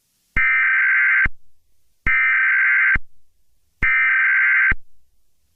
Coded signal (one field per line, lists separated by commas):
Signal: Emergency Alert System (SAME) tones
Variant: header bursts